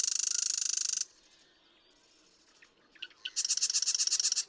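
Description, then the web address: Marsh Wren song, a dense buzzy rattle that stops abruptly, then scattered ticks before another rapid pulsing trill begins. "birdsongforthecurious Marsh Wren"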